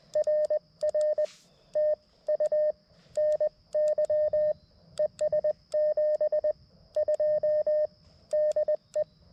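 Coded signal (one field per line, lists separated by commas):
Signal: Morse code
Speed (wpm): 20 wpm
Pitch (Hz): 610 Hz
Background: none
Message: RR TU NY ES7 2 DE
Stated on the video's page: CW POTA activation at a rare park using an MTR-4B with Wolf River Coils Sporty Forty coil, 213-inch whip on tripod with radials; short activation, iffy weather.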